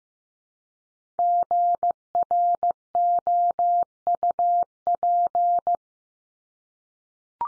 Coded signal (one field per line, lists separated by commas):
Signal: Morse code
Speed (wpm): 15 wpm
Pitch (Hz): 700 Hz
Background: none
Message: GROUP